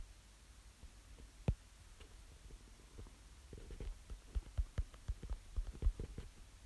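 Soft, irregular low gurgles and rumbles over a faint hum: an adult's stomach rumbling from ordinary digestion.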